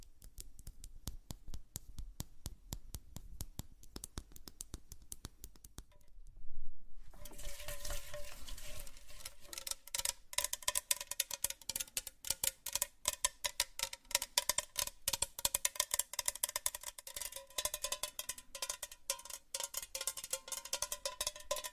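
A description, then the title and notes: Quiet makeup handling with crisp tapping and clicking in quick, irregular bursts. The first six seconds are sparse ticks; near seven seconds a louder rustle brings a brighter, busier texture with a faint steady ringing tone underneath, and fast tapping continues to the end. ASMR 20+ Makeup Triggers For Sleep ASMR NO TALKING.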